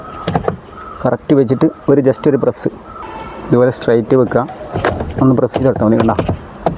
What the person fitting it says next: മൂന്ന് ഭാഗത്തും കറക്റ്റ് ആയിട്ട് ലോക്ക് ആയി.